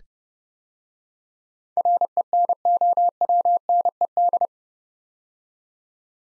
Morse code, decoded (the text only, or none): RENOWNED